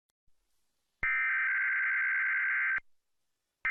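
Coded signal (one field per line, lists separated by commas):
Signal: Emergency Alert System (SAME) tones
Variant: header bursts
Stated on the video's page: San Francisco Required Monthly Test recorded from NBC television station broadcast.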